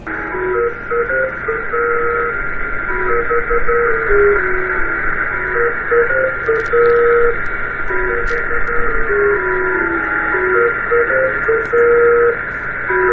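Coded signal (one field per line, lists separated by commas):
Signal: numbers station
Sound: short and long low tones at shifting pitches over steady shortwave hiss and hum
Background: radio static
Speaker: And I'm going to play you this one so you can see what one sounds like really quick.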